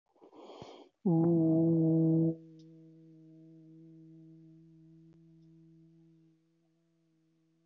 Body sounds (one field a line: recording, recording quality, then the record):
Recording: sustained vowel as in boot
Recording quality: excellent, no background noise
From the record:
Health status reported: healthy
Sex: male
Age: 24 years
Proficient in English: yes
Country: India